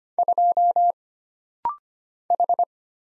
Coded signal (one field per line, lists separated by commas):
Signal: Morse code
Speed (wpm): 25 wpm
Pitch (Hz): 700 Hz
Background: none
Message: 2 H